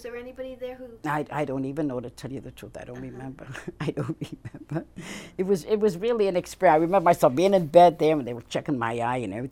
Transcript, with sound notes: Was there anybody there who...
I don't even know, to tell you the truth. I don't remember. I don't remember. ( she laughs ) It was really an experience, I remember myself being in bed there, and they were checking my eye and everything.